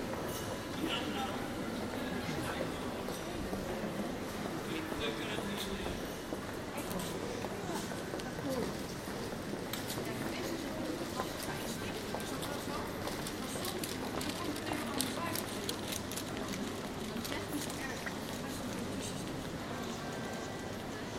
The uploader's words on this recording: General atmosphere in The Hagues beautiful Passage. Recorded as part of "The Hague Sound City" for State-X/Newforms 2010.